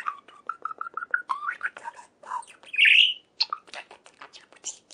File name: Budgerigar sound